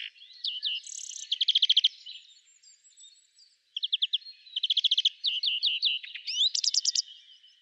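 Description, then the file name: European greenfinch twittering song: rapid trills and chirped rolls in short bursts, pausing briefly midway before resuming with fast repeated notes. "Chloris chloris"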